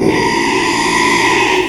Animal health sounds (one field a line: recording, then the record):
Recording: squeal of a Yucatan mini pig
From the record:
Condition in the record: after surgery on the right vocal fold (resection and tissue-engineered implant)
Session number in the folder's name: 1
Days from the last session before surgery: 6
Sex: male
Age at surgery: 12 weeks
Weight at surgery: 13 kg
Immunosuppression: cyclosporine, prednisolone